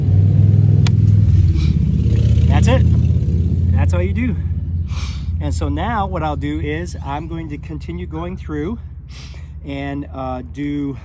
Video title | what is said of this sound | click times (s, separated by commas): Installing our DRIPWORKS SYSTEM Part 1! | i'm just going to push this into it and you'll hear it click that's it that's | 0.9 s